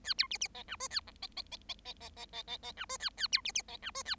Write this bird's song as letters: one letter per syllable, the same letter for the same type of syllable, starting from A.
A B C C D E F A G D D D D D D D D D D E F A A B C C D E F A